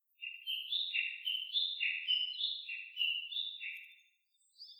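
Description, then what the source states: Japanese bush warbler valley-crossing call: a continuous chain of sharp, falling whistled notes, several each second, tapering off near the end. Valley-crossing call (taniwatari) of the Japanese bush warbler, recorded 10 July 2015 at 07:23 in the morning.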